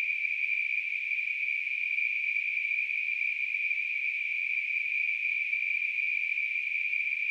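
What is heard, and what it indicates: A simulated tinnitus sound: a steady, continuous high-pitched ringing tone centred near 2.5 kHz over a band of hiss, holding an even level throughout with no breaks.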